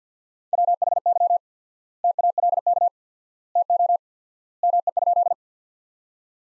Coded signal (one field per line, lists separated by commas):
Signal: Morse code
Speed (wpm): 50 wpm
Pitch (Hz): 700 Hz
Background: none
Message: WHY TALK TO ME?